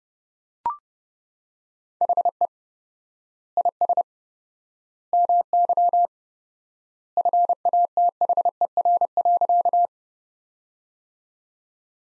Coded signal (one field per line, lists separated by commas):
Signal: Morse code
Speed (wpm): 32 wpm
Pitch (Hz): 700 Hz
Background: none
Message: HE IS MY FATHER.